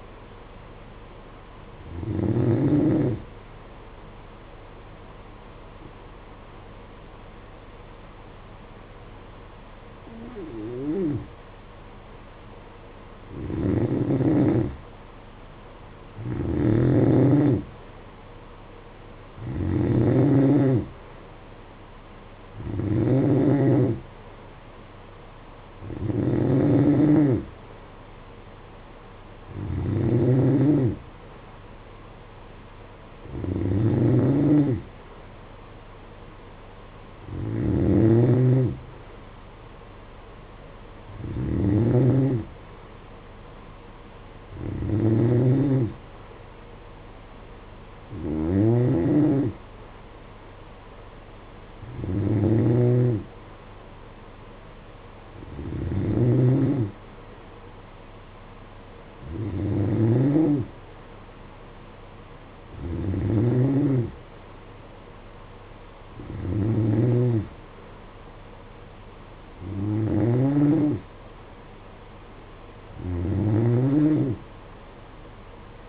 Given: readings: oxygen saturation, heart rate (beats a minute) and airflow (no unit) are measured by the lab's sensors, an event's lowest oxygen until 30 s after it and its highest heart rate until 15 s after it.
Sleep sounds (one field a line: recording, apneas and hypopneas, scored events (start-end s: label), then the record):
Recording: breathing in sleep by a voice recorder at the bedside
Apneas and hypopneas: 1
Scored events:
3.00-15.10 s: hypopnea (N2, oxygen 92% highest, then 90% lowest, heart rate 56 at the start, 61 highest)
74.00-75.89 s: new sleep stage, N3 (deep sleep)
From the record:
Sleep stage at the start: N2 (light sleep)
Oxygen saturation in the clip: 89 to 93%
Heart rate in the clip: 53 to 61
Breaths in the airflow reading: 20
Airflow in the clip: -9.1 to 5.7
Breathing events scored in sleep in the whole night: 476 in 9.7 hours asleep